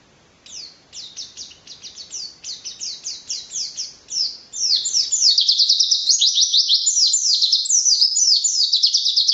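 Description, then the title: White-eye song that starts as spaced high chirps and builds into a loud, continuous rapid twittering of slurred notes. Song style called 'racun', with canary-like variations ('variasi kenari'), rapid bursts ('tembakan') and nonstop singing ('gacor'); 2015. "Pleci RACUN (Variasi kenari , Tembakan , Gacor , new 2015 )"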